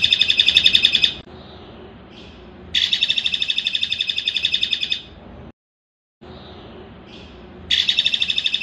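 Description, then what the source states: Streaked spiderhunter singing fast bursts of sharp, evenly repeated high chips, the one complete burst roughly two seconds long, with quiet gaps between them. Long, clear, vigorous song, used as a tutor recording for training birds.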